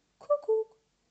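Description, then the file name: Common cuckoo giving its two-note cu-coo, a higher note followed by a slightly lower, longer one, clean with no other sounds. "Kuckuck"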